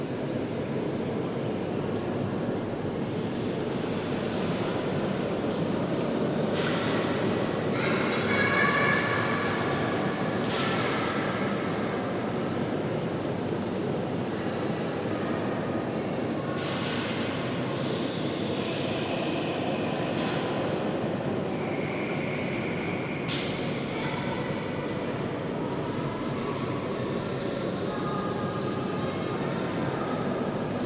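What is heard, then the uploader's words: A steady, dense low hum fills the cistern, with faint voices and brief brighter echoes rising over it every few seconds. The Basilica Cistern around closing time, Istanbul, Turkey. The space hums with constant reverberations from the slightest sounds.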